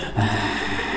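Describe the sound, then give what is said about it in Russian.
A voice imitates a monster's heavy, wheezing breath: one sustained, raspy exhale with a low rumbling undertone, steady and fairly loud for about a second, with no speech. “Идет монстр.”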